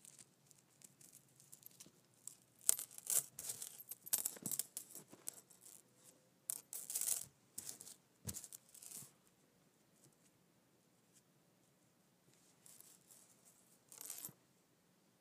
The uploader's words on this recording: ASMR Metal Clinking Chain.